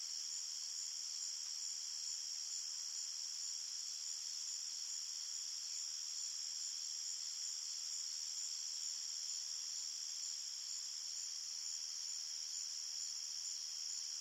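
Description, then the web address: A cricket chorus gives a continuous shrill, even drone, very high and unchanging from start to finish, over quiet background. Crickets at night in an open field. "Big Room Sound Crickets"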